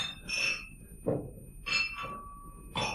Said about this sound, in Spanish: ¿Qué es eso? Parece como si chocaran botellas entre sí.